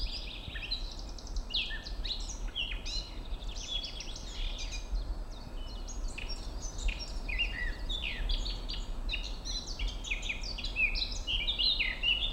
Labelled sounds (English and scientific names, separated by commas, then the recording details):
Eurasian Blackcap (Sylvia atricapilla) song
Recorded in the wild
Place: Mirnock, Nockberge, Kärnten, AT
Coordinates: 46.758, 13.7144
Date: 1969-04-18
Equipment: Uher 4000
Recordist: Brunner, Thomas